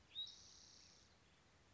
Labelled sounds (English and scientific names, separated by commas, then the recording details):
Spotted Towhee (Pipilo maculatus)
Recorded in Sonoma County, California